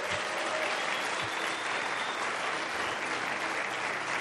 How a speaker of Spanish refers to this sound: Ese aplauso estuvo bueno para mí, pero para Cristo debería ser.